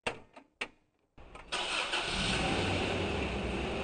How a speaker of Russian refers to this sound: Мы сели в автомобиль, и машина медленно двинулась вверх по дороге.